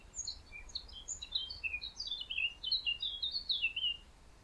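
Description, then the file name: Eurasian blackcap delivering a quick, chattering warble of high, sharply varied notes. "Sylvia atricapilla"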